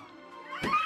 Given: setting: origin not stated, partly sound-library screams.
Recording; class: one-second piece from a danger detection set; woman in danger